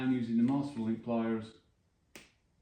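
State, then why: Seated. Someone talks, then a bicycle chain's master link (quick link) is closed with master link pliers. A single sharp click sounds at 2.2 s as the link seats and the chain is joined.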